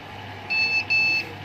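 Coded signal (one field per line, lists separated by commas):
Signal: beep code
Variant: Lenovo PC POST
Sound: two short high-pitched electronic beeps in quick succession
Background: room hum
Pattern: 2 short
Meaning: The memory error beeps have stopped and the board is booting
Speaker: طبعا الصفارة راحت والبوردة بدأت تشتغل وتكود. هتسمعوا صوت الفتح الوقت بتاع ان هي بتفتح داتا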